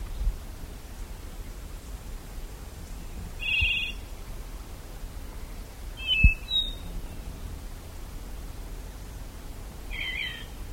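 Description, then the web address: Plumbeous black-tyrant producing brief burry notes spaced a few seconds apart, including a quick two-note pair, over low steady background noise and one soft thump. "cantos viudiplomi"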